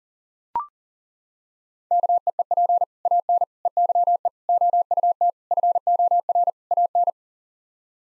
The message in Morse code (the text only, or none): KEEP AN EYE OUT FOR AN